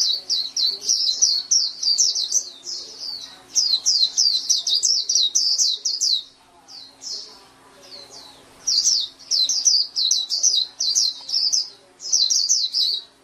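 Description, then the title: Oriental magpie-robin singing in fast strings of shrill, slurred chirps, a quieter gap near seven seconds, then lively phrases again; a low steady hum underneath. "Kicau Kacer"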